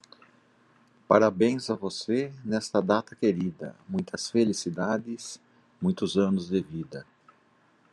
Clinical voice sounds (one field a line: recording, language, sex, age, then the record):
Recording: short text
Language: Brazilian Portuguese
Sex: male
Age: 60 to 69 years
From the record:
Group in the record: control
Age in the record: 60 years